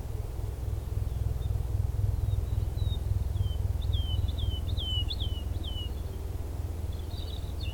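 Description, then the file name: Woodlark song: soft whistled notes building into a quickening series of falling slurs, over a persistent deep rumble. Recorded on 16 March 2023 along a lower path. "Alouettes-lulu 2023-03-16 sentier bas"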